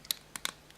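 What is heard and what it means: A plastic leg part is slotted into the slots of the silver top piece of a Sentinel Takara Transformers Optimus Prime transforming toy pen. Sharp plastic clicks are heard at 0.1 and 0.5 seconds, with a softer snap at about 0.4 seconds and faint ticks around them. The leg seats with a fairly tight fit.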